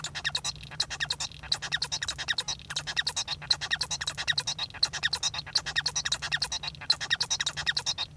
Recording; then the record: song of a male Bengalese finch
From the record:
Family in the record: son of father 1